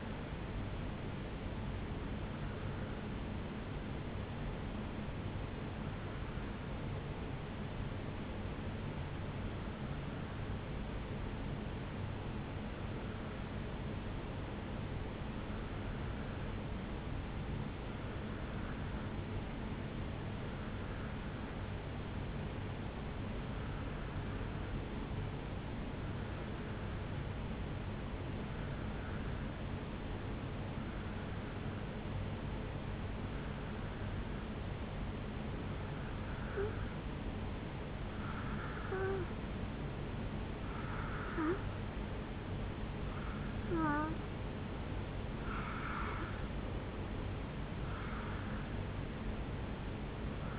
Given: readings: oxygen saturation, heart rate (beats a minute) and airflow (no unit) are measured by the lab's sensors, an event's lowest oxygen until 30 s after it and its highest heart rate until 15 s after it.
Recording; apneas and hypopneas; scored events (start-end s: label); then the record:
breathing in sleep by a voice recorder at the bedside; 1
4.00-29.00 s: hypopnea (N2, oxygen 95% highest, then 88% lowest, heart rate 54 at the start, 69 highest)
From the record:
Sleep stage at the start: N2 (light sleep); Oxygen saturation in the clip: 87 to 95%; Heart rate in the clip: 54 to 69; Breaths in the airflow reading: 18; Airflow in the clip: -3.4 to 2.7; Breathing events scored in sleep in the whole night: 449 in 7.0 hours asleep